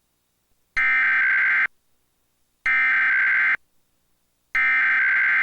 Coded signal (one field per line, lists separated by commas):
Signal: Emergency Alert System (SAME) tones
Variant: header bursts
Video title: Various Emergency Alert System (EAS) Tests - Month of 10/2021